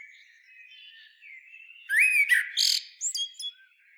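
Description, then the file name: Common blackbird song: soft warbling fades into a loud burst of fluty notes and squeaky, high twittering, ending in a few thin separate chirps. "Turdus merula"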